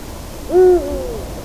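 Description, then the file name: Eurasian eagle-owl giving a single deep, steady hoot lasting about a quarter second, followed by a fainter gliding tone, against a low background hiss. Recorded at Landshut on 24 January 2015. "Uhu 24 01 2015 Landshut LA Susanne Rieck"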